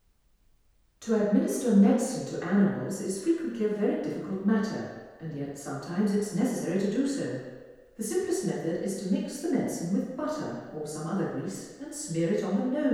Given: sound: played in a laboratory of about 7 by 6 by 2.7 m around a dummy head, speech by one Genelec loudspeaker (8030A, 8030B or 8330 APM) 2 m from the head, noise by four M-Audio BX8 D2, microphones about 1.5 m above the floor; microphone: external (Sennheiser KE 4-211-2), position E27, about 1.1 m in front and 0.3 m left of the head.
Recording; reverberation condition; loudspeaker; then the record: female speech in English; high; 120 degrees to the right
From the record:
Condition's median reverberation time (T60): about 1300 ms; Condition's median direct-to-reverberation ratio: about -4.0 dB